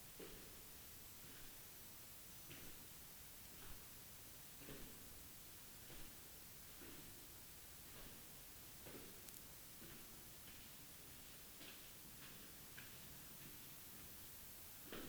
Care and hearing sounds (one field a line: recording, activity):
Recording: daily activity, guitar pickup as the sensor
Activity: go downstairs